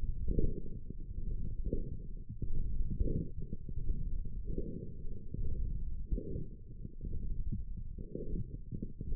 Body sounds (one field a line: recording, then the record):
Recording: forearm muscle sounds (acoustic myography)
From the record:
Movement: wrist extension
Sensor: system 1, eight BSWA MPA416 microphones around the upper forearm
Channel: 7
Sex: male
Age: 21 years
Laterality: right